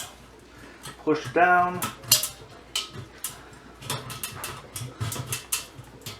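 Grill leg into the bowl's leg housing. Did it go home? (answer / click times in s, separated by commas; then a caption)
yes / 5.5 s. Someone talks while the third leg of a 22.5" Weber kettle grill is pushed into its leg housing on the bowl, with a few sharp knocks and taps along the way. The leg clip is then pressed down and clicks into place at 5.5 s, seating the leg firmly.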